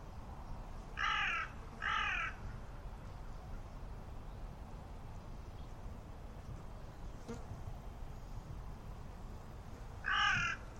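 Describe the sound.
Bird calls: two harsh, raspy caws a second apart, a long pause with one sharp click, then a third caw near the end.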